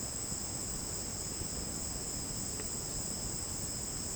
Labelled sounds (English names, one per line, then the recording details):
none
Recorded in dense forest near Puerto Asís, Putumayo, Colombia, on 25 June 2025 at 11:30
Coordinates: 0.499, -76.324
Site G100